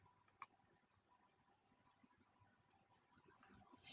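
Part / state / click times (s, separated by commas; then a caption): metal jump ring closing in a chainmaille bracelet / seated / 0.4 s. Pliers push the cut ends of a round metal jump ring together as it is closed on a chainmaille bracelet. A single sharp, bright click sounds at 0.4 s over a quiet background. The ends have met and seated tightly against each other.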